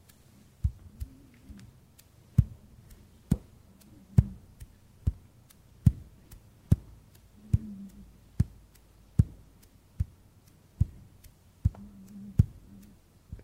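ASMR hand sounds: crisp, evenly spaced taps land slightly under once a second, with soft low rubbing murmurs drifting between some of them.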